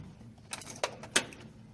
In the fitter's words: You heard it click.